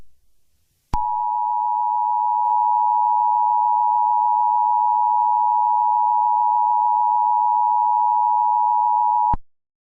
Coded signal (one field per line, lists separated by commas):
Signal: Emergency Alert System (SAME) tones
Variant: 853 and 960 Hz attention tone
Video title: eas scenario #1 Steve.exe